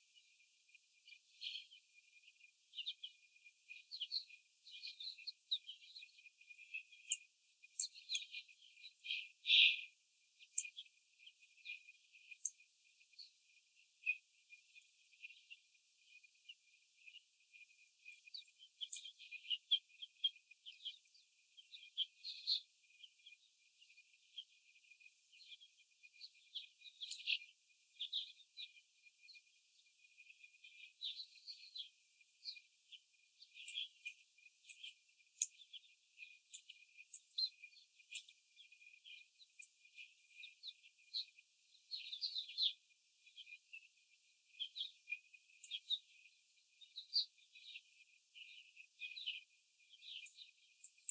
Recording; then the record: young laying hens in a cage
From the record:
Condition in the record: after the stressor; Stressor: simulated dog barking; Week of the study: 4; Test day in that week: 3